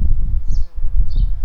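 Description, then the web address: Garden bumblebee buzzing: a low, steady droning hum with layered harmonic tones, swelling and dipping briefly in loudness. Workers. "Hortorum workers"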